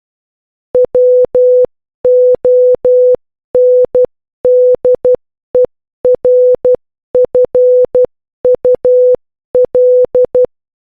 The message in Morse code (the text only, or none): WONDERFUL